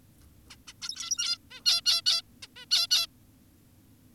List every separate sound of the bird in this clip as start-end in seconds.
0.50-0.56, 0.68-0.73, 0.82-1.38, 1.51-1.61, 1.66-1.81, 1.86-2.02, 2.06-2.22, 2.43-2.47, 2.56-2.66, 2.71-2.87, 2.91-3.07